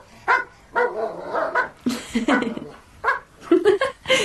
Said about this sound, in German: Die Hunde bellen. Einer bellt immer.